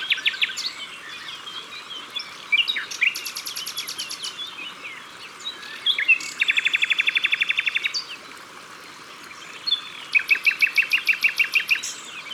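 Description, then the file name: Common nightingale phrases alternate: rapid rattling series separated by pauses, with short whistles between, over a soft steady hiss. Recorded at the water's edge. "Rossignol philomele Au bord de leau"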